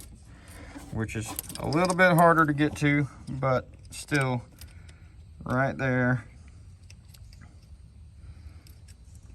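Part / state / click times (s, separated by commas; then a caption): harness plug into air conditioning compressor / not seated / none. On a 2012 Hyundai Veloster, the harness plug for the hard-to-reach air conditioning compressor is being handled and worked toward its connector while someone talks. Light handling taps and clicks follow the speech, but nothing has seated or clicked yet.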